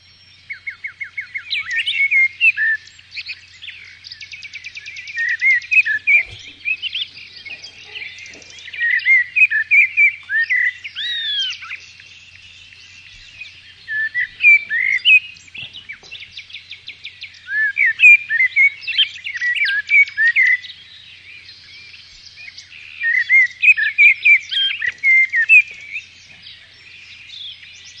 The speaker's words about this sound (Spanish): Pues se trataba de un mirlo, como bien decía Diego, creo recordar, Diego al principio, es un mirlo, se parece mucho, bueno, en este caso se parece a una oropéndola, pero bueno, quizá la oropéndola es más melódico todavía,